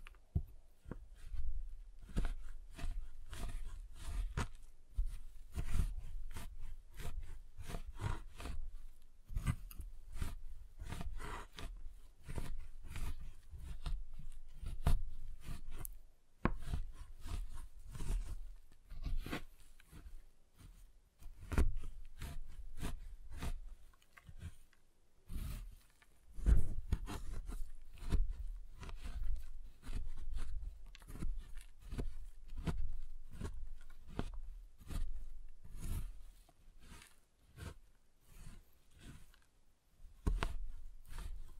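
A giant chocolate bar is tapped, cut and snapped in dense, irregular bursts of sharp clicks and cracks with dull low thuds throughout.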